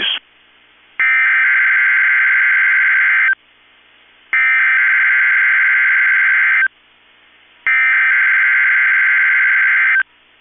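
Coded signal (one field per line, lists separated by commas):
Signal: Emergency Alert System (SAME) tones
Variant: header bursts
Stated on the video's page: Required weekly test from two weather radio transmitters.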